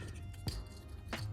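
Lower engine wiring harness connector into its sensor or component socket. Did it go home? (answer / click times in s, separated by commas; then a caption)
no / none. On a 2016 Audi Q5 2.0T during a water pump replacement, a lower plastic wiring harness connector under the intake area is handled and pushed toward its mating sensor or component socket on the engine. Over a steady tonal background, a brief sharp handling tick sounds at about 0.5 s, followed by a fainter rustle near 1.1 s. The connector has not seated or clicked yet.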